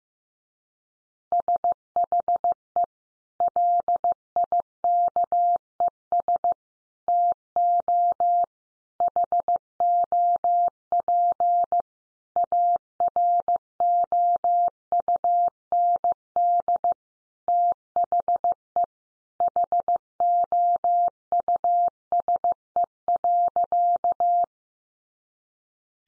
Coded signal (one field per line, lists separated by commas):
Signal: Morse code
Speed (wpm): 15 wpm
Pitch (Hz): 700 Hz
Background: none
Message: SHE LIKES TO HOP AROUND THE HOUSE.